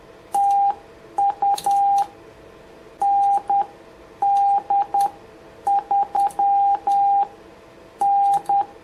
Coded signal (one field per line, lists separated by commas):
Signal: Morse code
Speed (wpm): 10 wpm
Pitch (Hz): 800 Hz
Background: none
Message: TU ND3N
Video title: Using the Yaesu FT-710 in the CW Mode - an overview...